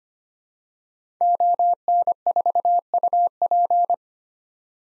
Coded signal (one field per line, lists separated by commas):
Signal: Morse code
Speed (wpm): 25 wpm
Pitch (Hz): 700 Hz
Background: none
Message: ON4UP